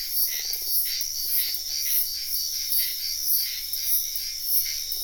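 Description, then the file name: Insects chirp in a continuous high-pitched chorus with rhythmic pulsing; frogs give several short, low, rattling trills underneath. Wetland at night in Sian Ka'an Biosphere Reserve, with frogs also heard. "felix blume nature ambience wetland night frogs insects bird heron type sian ka an biosphere reserve"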